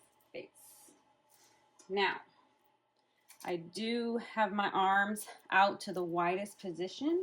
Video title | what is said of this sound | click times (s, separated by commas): Stitching Success! how I Conquered Chenille Sweatshirts! | And then you push it on until it clicks into place. | 0.4 s